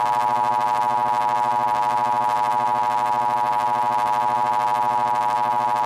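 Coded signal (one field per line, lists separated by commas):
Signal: Emergency Alert System (SAME) tones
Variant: 853 and 960 Hz attention tone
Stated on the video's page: Mock alert on a fictional cable company test screen, made with a vintage feel.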